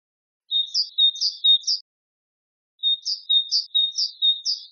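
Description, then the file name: Great tit, song of repeated bright two-note figures, delivered in two phrases a second apart, on a clean silent background. "sinitsa bolshaya"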